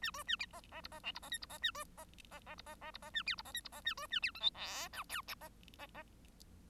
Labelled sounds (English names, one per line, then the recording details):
Bengalese Finch song
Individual Bird1